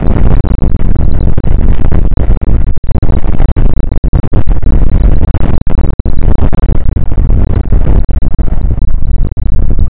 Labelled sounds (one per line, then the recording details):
wind
animal
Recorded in the Prudhoe Bay oil fields, Alaska, on 29 May 2019 at 00:02
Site 25